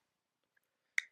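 A removed part is put back into a Garmin Virb Elite action camera and clipped in place. A sharp click at 1.0 s marks it seating, followed by a second, slightly quieter click at 1.1 s. The part is seated.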